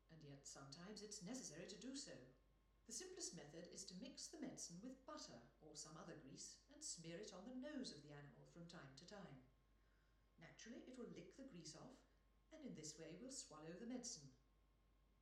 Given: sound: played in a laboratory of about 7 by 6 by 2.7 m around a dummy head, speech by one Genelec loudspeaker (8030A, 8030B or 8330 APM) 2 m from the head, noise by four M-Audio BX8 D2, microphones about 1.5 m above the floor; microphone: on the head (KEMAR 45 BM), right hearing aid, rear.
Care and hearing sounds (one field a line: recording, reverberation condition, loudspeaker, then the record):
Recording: female speech in English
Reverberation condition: medium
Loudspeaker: behind (180 degrees)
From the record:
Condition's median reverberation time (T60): about 510 ms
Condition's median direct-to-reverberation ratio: about -0.5 dB